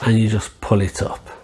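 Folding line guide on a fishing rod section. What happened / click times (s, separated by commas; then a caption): Handled, not yet seated: no click before the clip ends / none. Someone talks while the folding line guide eye on a section of a MiFine Surf Hunter beach casting sea fishing rod is pulled up toward its upright position. Nothing has clicked or seated yet by the end of the clip; the guide is later judged well placed, with a good solid connection.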